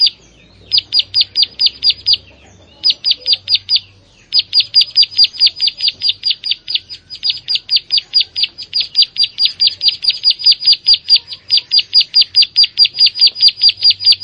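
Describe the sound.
Prinia song in short bursts of rapid, high clicking notes, then a long continuous fast series.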